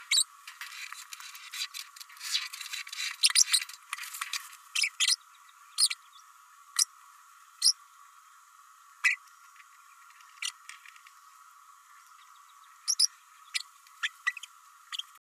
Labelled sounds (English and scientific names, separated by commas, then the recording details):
Green-rumped Parrotlet (Forpus passerinus) babbling
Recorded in a nest box in Venezuela
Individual 18B104A3